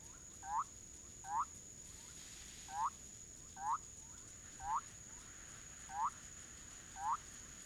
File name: Leptodactylus bolivianus